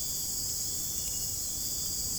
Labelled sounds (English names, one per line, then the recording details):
none
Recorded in dense forest near Puerto Asís, Putumayo, Colombia, on 29 June 2025 at 01:30
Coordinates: 0.503, -76.323
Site G059